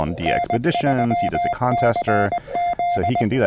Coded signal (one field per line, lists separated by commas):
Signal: Morse code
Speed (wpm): 20 wpm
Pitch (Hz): 700 Hz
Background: speech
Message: N3CZ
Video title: Labor Day Morning POTA with N3CZ: QRP with the CFT1 at Lake James State Park!